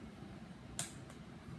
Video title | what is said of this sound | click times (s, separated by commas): What you will need with your DeW It Right Tap Mics: A Lavalier Mic transmitter/receiver system | You hear a snap. | 0.8 s